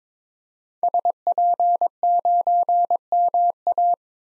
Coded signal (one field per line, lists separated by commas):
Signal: Morse code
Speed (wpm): 21 wpm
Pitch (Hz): 700 Hz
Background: none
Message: SP9MA